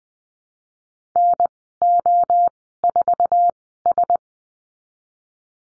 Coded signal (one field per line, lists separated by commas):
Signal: Morse code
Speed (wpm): 20 wpm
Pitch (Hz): 700 Hz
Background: none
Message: NO4S